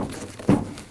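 A plastic rear bumper cover on a 2018-2024 Toyota Camry is pressed onto its retainer guides and body-side retainer clips. A dull, low thump of handling is heard at about 0.5 s, then fades. Nothing has seated or clicked into place yet.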